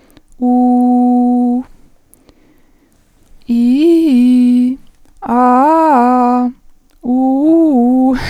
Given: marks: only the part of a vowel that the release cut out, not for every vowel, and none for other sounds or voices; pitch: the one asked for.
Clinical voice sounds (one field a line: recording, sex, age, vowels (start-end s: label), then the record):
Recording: sustained vowels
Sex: female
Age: 20 to 29 years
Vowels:
0.51-1.50 s: vowel /u/, low pitch
3.57-4.59 s: vowel /i/, low-high-low pitch
7.14-8.06 s: vowel /u/, low-high-low pitch
From the record:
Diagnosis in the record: healthy voice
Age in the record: 20 years